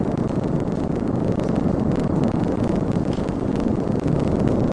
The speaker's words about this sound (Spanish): lava continúa saliendo con una gran intensidad y calculamos que aproximadamente desde donde estamos, una distancia de 4 kilómetros, están alcanzando esa lava una altura de hasta 50 metros. Este es el sonido precisamente de esta erupción en La Palma.